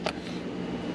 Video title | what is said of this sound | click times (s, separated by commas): Weight Belt Formula For 3MM & 3.5MM Wetsuit - How Much Weight Should You Have On Your Weight Belt? | Snaps right in. | 0.1 s